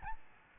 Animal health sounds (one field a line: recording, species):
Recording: mosquito wingbeat signal from an infrared sensor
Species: Aedes albopictus